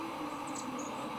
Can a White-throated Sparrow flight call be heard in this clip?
no